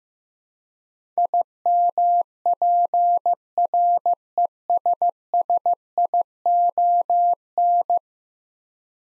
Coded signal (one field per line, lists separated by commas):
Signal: Morse code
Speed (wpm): 15 wpm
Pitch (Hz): 700 Hz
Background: none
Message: IMPRESSION